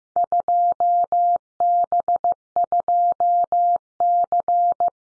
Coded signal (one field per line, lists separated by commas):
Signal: Morse code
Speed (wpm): 15 wpm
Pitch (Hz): 700 Hz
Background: none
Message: 2B2C